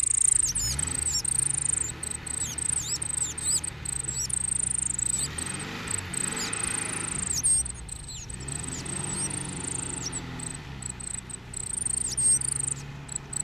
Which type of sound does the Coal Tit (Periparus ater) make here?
song